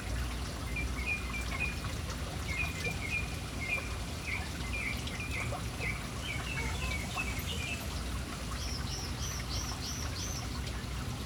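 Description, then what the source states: Bird chirps, short repeated notes in quick runs, then a higher series of several chips near the end, over a steady splash of falling water. City birds hanging around an urban fountain, with the fountain's water audible.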